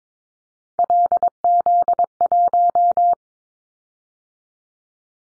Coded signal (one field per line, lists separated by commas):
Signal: Morse code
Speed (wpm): 22 wpm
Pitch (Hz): 700 Hz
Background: none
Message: LZ1